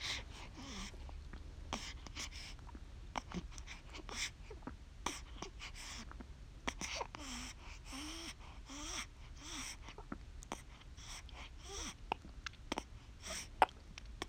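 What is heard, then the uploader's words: A newborn breathes heavily, with wet suckling clicks and small squeaks scattered throughout. Short bright smacks come every second or so, and faint high little cries curl in between. A low steady rumble sits underneath. Heavy baby breathing, suckling, and little baby squeaks! Therefore I decided to record a nursing session.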